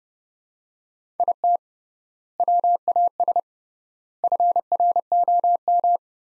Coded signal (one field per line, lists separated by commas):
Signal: Morse code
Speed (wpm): 29 wpm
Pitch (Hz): 700 Hz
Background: none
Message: IT WAS FROM